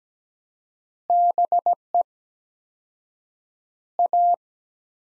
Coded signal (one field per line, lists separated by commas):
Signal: Morse code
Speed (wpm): 17 wpm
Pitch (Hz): 700 Hz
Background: none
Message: BE A